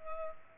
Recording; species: mosquito wingbeat signal from an infrared sensor; Culex pipiens